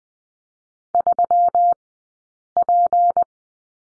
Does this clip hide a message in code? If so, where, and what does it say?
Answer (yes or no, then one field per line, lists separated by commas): yes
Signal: Morse code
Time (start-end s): 0.9-3.2 s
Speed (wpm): 20 wpm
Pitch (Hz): 700 Hz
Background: none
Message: 3P